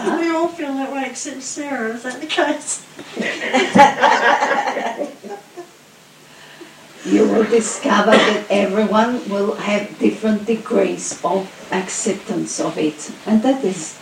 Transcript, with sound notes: We all feel that way except S, is that the case? (More laughter) You will discover that everyone will have different degrees of acceptance of it and that is